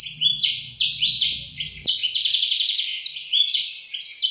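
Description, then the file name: Atlantic canary song, a fast continuous stream of rolling trills and chattering notes shifting in pitch, with a faint low hum underneath for the first half. Competition canary, winner of a 2015 songbird contest. "kenari-james-bond-jawara-piala-raja-2015"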